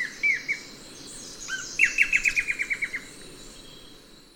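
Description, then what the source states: Blackish Antbird gives two short notes, a slurred note, then a rapid series of many clipped notes that weaken toward the end. Recorded in Ecuador.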